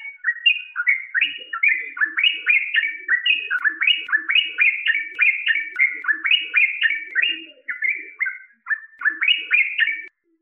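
Bird song of rapid whistled, slurred notes in quick, almost continuous phrases, with faint low chirps underneath.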